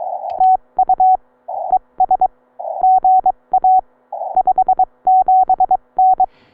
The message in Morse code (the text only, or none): TU ES GA 57N